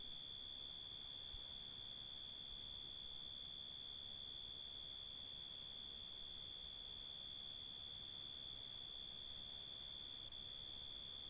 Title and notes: Hato Corozal, Casanare, Colombia - Grillos. GRillos en una REserva NAtural